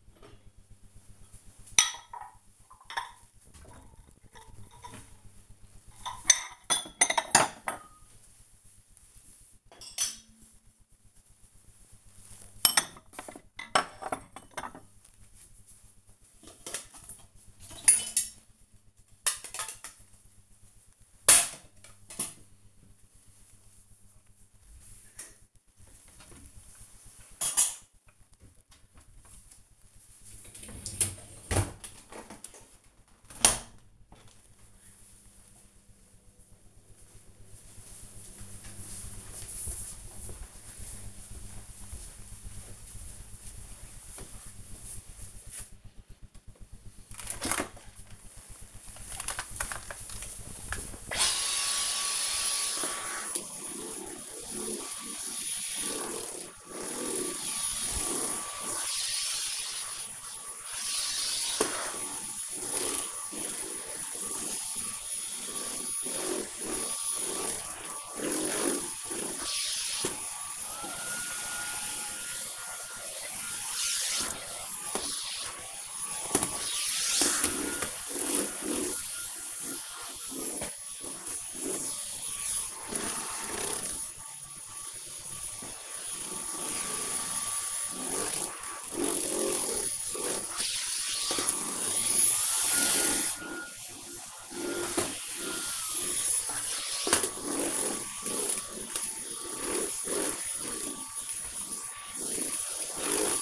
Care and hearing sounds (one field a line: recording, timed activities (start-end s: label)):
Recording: household activities, microphone on the right wrist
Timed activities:
0.00-32.95 s: cleaning out the dishwasher
46.00-103.41 s: vacuum cleaning